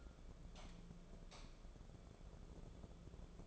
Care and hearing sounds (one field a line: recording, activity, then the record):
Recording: daily activity, microphone in the room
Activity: light on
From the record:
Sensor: 5